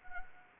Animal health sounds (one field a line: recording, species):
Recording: mosquito wingbeat signal from an infrared sensor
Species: Anopheles arabiensis